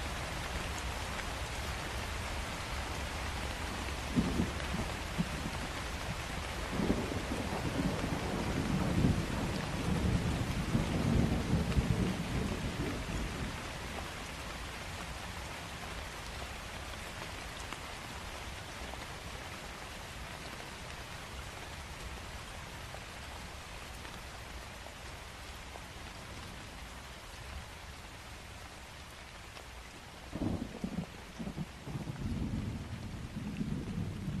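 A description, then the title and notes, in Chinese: Light rain patters steadily on reed leaves, a dense, even hiss across the whole clip. Between about 4 and 13 seconds and again after 30 seconds, low rumbling swells and soft knocks rise beneath the patter, then fade back into the steady rainfall. 悠然芦苇塘：淅淅小雨的夜晚。淅淅小雨轻轻地拍打着芦苇叶。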